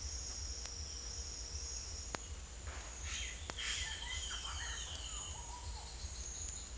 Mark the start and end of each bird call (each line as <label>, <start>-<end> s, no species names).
bird call, 3.40-5.92 s